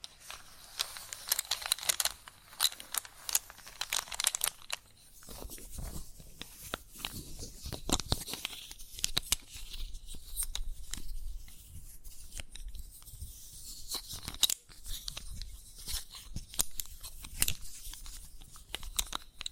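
Chalk scratches and taps in dense, irregular bursts, with a steady hiss of scraping through the first five seconds. After that the sound breaks into sharp clicks and short crunchy strokes, coming every fraction of a second, with brief quiet gaps between them.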